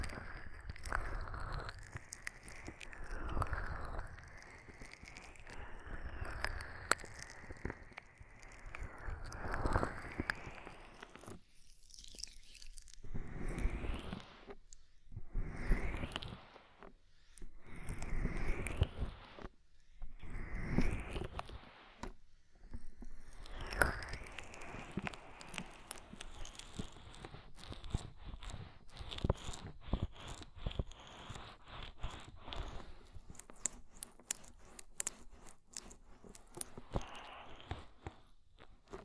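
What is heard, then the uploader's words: Oily, foamy ear massage with squelching rubs and rising swishes, steady at first, then separated strokes around the middle, ending in crackly tapping. ASMR Oil, Foam and Tingly Ear Massage.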